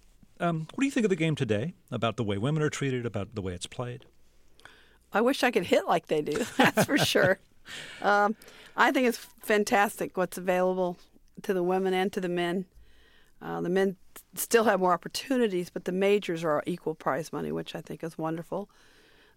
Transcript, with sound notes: I mean, what do you think of the game today, about the way women are treated, about the way it's played?
I wish I could hit like they do. That's for sure.
(LAUGHTER)
I think it's fantastic what's available to the women and to the men. The men still have more opportunities, but the majors are equal prize money, which I think is wonderful.